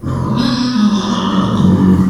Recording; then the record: squeal of a Yucatan mini pig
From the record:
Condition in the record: after surgery on the right vocal fold (resection and tissue-engineered implant); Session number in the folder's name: 14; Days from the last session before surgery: 133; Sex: female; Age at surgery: 19 weeks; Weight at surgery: 25 kg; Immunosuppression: prednisolone